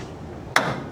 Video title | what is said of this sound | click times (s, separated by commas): What Lies Beneath 20 Years Of Leaves And Debris? Video 3: Twin 1991 Mercedes 300CE Restoration! | There's the those two pops right there tell you it's now back to normal. | 0.6 s